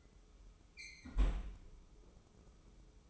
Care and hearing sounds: daily activity, microphone in the room; close fridge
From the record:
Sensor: 1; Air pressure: 995.3 hPa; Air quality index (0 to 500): 25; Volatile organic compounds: 0 ppm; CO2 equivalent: 500 ppm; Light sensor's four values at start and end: 17/57/21/22 and 17/56/20/22

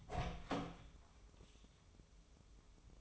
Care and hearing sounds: daily activity, microphone in the room; open door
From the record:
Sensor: 1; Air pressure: 1005.0 hPa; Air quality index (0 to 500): 90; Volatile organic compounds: 2 ppm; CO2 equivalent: 1226 ppm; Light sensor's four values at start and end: 10/24/9/10 and 10/25/10/10

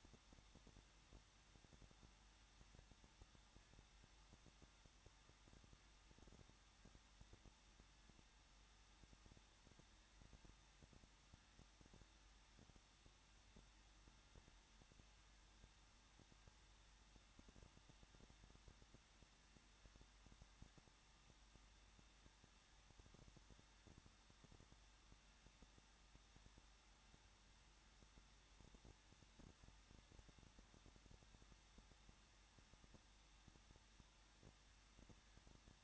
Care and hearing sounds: daily activity, microphone in the room; no activity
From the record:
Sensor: 3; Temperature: 21.2 degrees Celsius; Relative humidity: 36.2%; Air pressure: 1006.5 hPa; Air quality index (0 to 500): 220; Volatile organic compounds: 39 ppm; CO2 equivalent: 3134 ppm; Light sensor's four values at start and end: 2/3/2/2 and 2/3/2/2

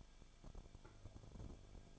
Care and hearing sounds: daily activity, microphone in the room; no activity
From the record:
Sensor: 5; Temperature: 20.4 degrees Celsius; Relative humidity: 39.7%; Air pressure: 1010.8 hPa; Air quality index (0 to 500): 166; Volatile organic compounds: 15 ppm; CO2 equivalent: 2500 ppm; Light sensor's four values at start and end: 2/3/1/1 and 2/3/1/1

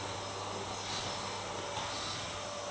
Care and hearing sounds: daily activity, microphone in the room; vacuum cleaning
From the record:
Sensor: 3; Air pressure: 1011.9 hPa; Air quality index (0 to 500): 236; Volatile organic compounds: 5 ppm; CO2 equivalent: 1750 ppm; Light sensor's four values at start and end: 7/16/6/7 and 11/26/11/11

